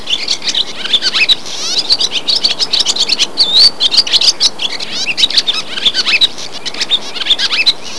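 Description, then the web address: Bird calls: rapid high twittering notes and brief whistled slurs in a dense, continuous stream. "特酷声音素材库 动物 鸟 Bird"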